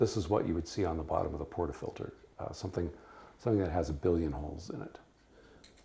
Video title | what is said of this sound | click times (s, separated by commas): WayCap eval v04 | Put it on the capsule. Ooh, nice click. | 5.6 s